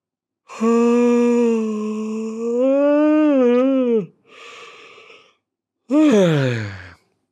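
A long, drawn-out yawn of someone just waking up in a large bed, with a sustained voiced tone that wavers and falls, followed by a breathy exhale and a shorter rising-then-falling sigh-like yawn tail.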